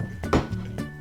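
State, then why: Seated. The toggle clamp on a WEN metal pocket hole jig kit is adjusted by its knob and pushed closed over a piece of wood. It clicks and locks at about 0.3 s, holding the workpiece in place, with softer knocks around it and background music throughout.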